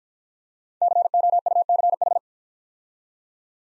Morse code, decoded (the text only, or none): COUCH